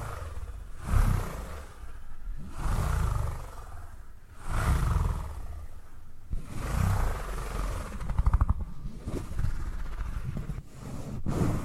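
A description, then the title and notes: Low purring rumbles in slow, regular swells, one roughly every two seconds, each with a soft breathy hiss above it. A buzzy rattle stands out near the eight-second mark, and a few faint clicks come toward the end. ASMR Brain Tingly Purring Triggers for Sleep (No Talking).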